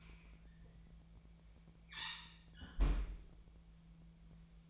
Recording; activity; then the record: daily activity, microphone in the room; close fridge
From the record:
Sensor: 1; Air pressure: 1009.7 hPa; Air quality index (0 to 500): 192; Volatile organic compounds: 18 ppm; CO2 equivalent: 2637 ppm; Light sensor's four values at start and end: 32/82/34/41 and 32/82/34/41